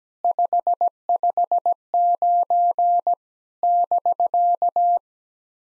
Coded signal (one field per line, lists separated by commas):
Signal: Morse code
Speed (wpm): 17 wpm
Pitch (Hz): 700 Hz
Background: none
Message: 559 <BK>